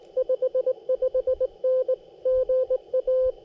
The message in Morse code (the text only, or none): 55N GA